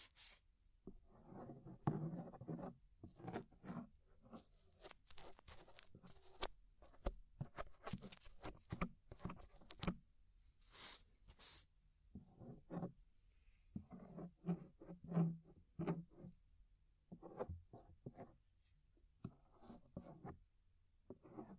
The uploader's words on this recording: Inner and Outer Ear Scraping (No Talking).